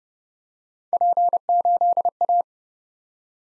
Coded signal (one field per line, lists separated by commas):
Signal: Morse code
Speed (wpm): 30 wpm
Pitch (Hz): 700 Hz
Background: none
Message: P8A